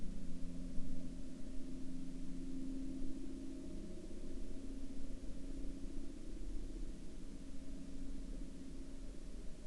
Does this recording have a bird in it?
no